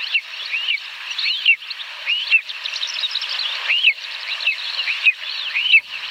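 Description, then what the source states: Lesser Spotted Eagle giving plaintive, upslurred then falling yelps at irregular intervals, backed by continuous high-pitched chatter. Forest-dwelling eagle still common in Poland and western Russia; despite the name 'screaming eagle', its call sounds rather pitiful, not grand or far-carrying like a crane's.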